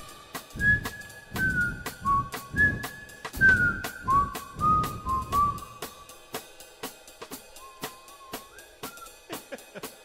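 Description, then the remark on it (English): Someone whistles a short melody of sustained, gliding notes, accompanied at first by low rumbling bursts, with sharp clicking taps recurring steadily throughout. “I don't know. I thought I was gonna get a whistle duet.”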